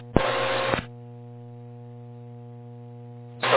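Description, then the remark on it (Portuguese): An open aviation radio carrier with no voice, from aircraft Eco Delta Fox, readability 1: a steady, low buzzing hum holds for about three seconds, framed by brief bursts of harsh static hiss at the start and end. “Só veio a portadora, clareza 1.”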